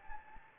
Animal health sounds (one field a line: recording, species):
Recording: mosquito wingbeat signal from an infrared sensor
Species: Anopheles gambiae